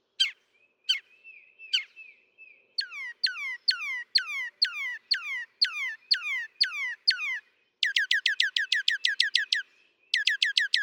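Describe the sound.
Northern mockingbird song: shifting through varied types, a few spaced downslurred notes, then a fast run of repeated swept notes, then a rapid burst of high repeated phrases.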